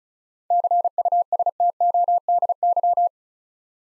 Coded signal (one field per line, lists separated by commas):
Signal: Morse code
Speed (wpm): 36 wpm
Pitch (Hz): 700 Hz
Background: none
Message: CUSTODY